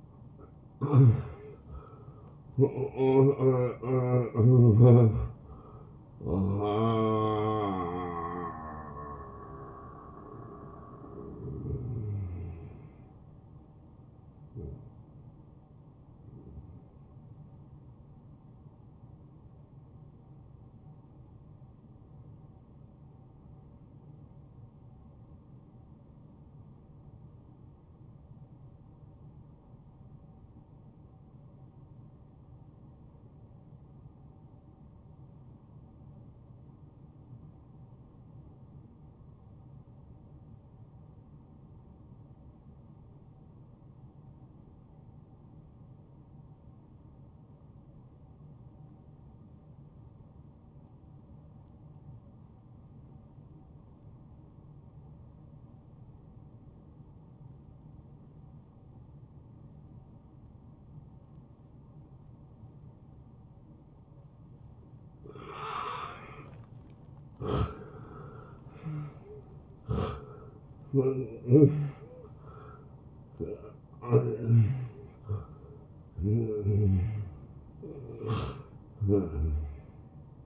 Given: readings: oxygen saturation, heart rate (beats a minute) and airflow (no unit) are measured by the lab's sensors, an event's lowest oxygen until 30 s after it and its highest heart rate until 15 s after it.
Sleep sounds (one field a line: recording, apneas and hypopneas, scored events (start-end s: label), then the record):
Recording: breathing in sleep by a smartphone at the bedside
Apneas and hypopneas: 1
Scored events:
22.00-65.60 s: obstructive apnea (N1, oxygen 96% highest, then 80% lowest)
From the record:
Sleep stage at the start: N1 (lightest sleep)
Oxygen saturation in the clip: 77 to 96%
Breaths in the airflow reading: 9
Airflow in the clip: -18.6 to 11.0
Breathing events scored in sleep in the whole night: 263 in 5.5 hours asleep